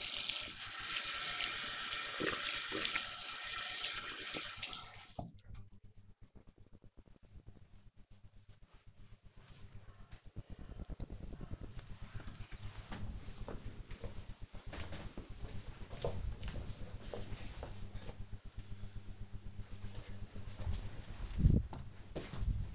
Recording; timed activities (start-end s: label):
household activities, microphone on the right wrist
0.00-5.40 s: washing hands